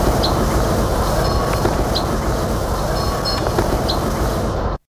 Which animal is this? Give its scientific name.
Emberiza lathami